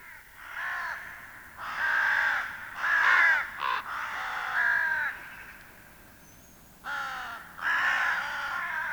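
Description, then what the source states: Hooded Crow giving harsh, drawn-out caws in uneven bursts with short pauses between groups; quiet background. Field recording from Finland, issued on cassette in 1987.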